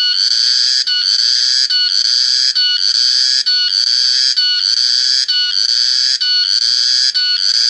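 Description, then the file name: Cricket giving a piercing, rasping trill broken into roughly one-second bursts with short pauses, repeated evenly against silence. "jangkrik"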